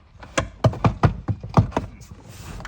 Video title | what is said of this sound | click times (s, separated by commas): Part 1 - Model 3 Headliner removal #model3 #headliner #tesla | you can already hear it popping and again it's those four clips | 0.4 s, 0.7 s, 0.9 s, 1.0 s, 1.6 s, 1.8 s